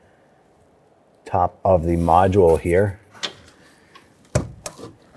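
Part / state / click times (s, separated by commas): fuel line quick-connect coupler onto fuel pump module outlet / seated / 4.4 s, 4.7 s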